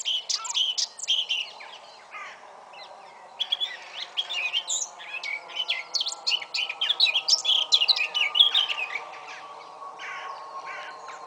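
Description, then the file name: Eurasian blackcap delivering a long, hurried warble of scratchy, twittering notes with brief pauses, building to a denser, louder stretch late on before tailing off. "Sylvia atricapilla"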